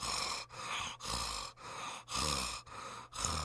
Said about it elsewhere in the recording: If you put the stethoscope near the windpipe, and it's going to be much more coarse. So the closer you are to the windpipe when you listen with a stethoscope, it sounds like snoring type of sound. It's more coarse sounding.